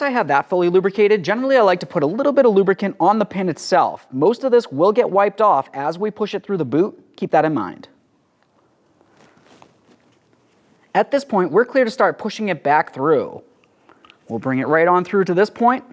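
Someone talks while handling a fully lubricated rear brake caliper slide pin from a 2004-2015 Nissan Titan, lining it up to be pushed back through its rubber dust boot. Between about 8.4 and 10.3 s, during a pause in the talking, faint short handling ticks are heard. The pin has not seated or clicked into place yet.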